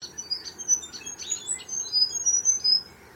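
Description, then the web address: Bird calls: thin, high chirps and twittering notes tumbling quickly over one another, with short whistled pips throughout. Unidentified bird calling in mangroves. "Sound Effects-Foundation 1 BIRD UNKNOWN MAGROVES CALL"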